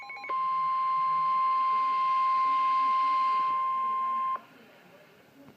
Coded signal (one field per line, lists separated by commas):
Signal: Emergency Alert System (SAME) tones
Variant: 1050 Hz attention tone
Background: speech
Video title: Severe Thunderstorm Warning (EAS#52)